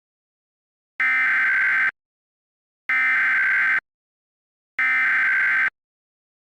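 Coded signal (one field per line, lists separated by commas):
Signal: Emergency Alert System (SAME) tones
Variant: header bursts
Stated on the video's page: Fictional EAS scenario about a cataclysmic solar flare, with voice actors.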